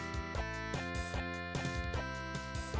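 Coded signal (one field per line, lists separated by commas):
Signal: none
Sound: musical notes in a song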